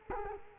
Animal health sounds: mosquito wingbeat signal from an infrared sensor; Culex quinquefasciatus

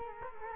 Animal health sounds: mosquito wingbeat signal from an infrared sensor; Culex quinquefasciatus

